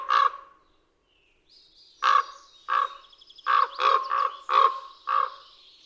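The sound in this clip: Common raven gives one harsh croak, pauses, then delivers about seven clipped croaks in quick succession, with faint high whistled notes in the background.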